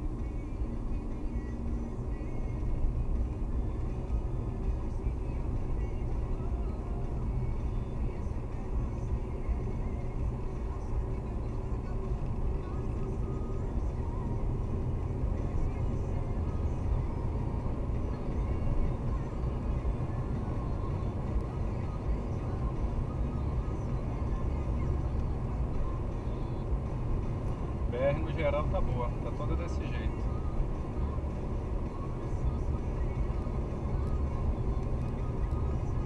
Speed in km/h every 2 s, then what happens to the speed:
87, 90, 94, 97, 100, 102, 108, 116, 122, 124, 123, 123, 123, 123, 122, 121, 119, 118.
0-17 speeds up to 124. 17-36 steady at about 123.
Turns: none.